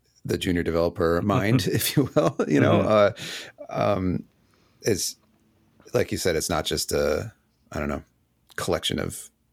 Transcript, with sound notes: the junior developer mind, if you will, (laugh) you know? It's, like you said, it's not just a, I don't know, collection of,